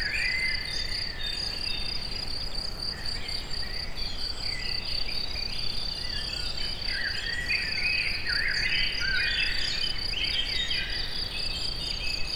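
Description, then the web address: Cricket giving a continuous, rapidly pulsed high chirping that never stops, while birds sing lively twittering phrases through much of it. Recorded in nature at the forest edge near the Eger tourist house, among various animal sounds. "allathangok termeszetben tucsok mindenfeleazerdoszelen egerturistahaz"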